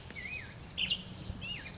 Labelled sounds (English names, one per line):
Black-headed Grosbeak